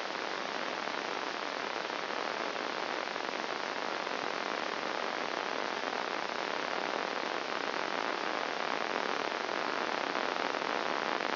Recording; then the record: brain microelectrode recording played as sound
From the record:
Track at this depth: outside the subthalamic nucleus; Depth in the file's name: 0.004 mm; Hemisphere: right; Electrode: 2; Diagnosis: Parkinson's disease